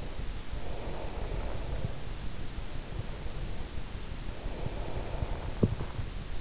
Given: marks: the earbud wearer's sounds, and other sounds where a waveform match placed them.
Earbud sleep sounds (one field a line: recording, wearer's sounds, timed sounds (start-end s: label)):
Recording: sounds in sleep by an in-ear microphone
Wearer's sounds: breath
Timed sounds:
0.29-2.41 s: breath
4.38-6.34 s: breath